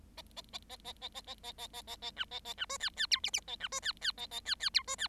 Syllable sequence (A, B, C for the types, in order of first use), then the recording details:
A A A A A A A A A A A A A B A A B C D D E F F A B C D D A A D D E C D. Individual Bird7